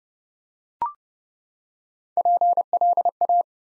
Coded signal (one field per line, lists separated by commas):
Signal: Morse code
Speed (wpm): 29 wpm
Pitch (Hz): 700 Hz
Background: none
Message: PLA